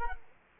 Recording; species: mosquito wingbeat signal from an infrared sensor; Culex quinquefasciatus